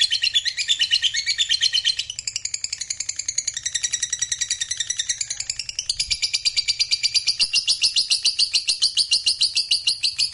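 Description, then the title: Lovebird in a sustained high chattering trill, rapid pulsed notes running unbroken, the tone changing character twice along the way. Fighter lovebird giving a long ngekek trill. "Begitu Dengar Suara Lovebird FIGHTER NGEKEK PANJANG"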